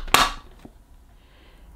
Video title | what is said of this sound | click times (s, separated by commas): Vax Platinum Power Max Carpet Washer Unboxing & Demonstration | and then push it until it clicks | 0.1 s